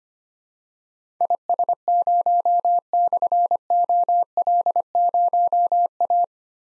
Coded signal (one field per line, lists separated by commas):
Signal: Morse code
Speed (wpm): 25 wpm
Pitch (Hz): 700 Hz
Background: none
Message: IS0/OL0A